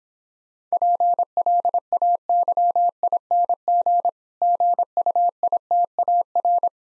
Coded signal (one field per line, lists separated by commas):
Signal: Morse code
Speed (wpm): 26 wpm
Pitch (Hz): 700 Hz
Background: none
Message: PLAYING GUITAR